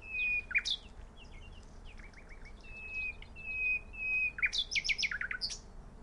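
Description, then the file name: Common nightingale song: a run of long pure level whistles, then a fast rattling series of sharp descending notes, with scattered chirps over low rumble. "Luscinia megarhynchos"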